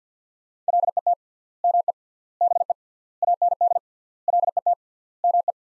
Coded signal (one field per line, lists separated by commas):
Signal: Morse code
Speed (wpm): 50 wpm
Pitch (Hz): 700 Hz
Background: none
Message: LET ME BE AND LET ME